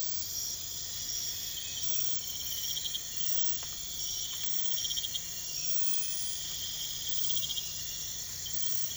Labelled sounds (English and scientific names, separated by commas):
none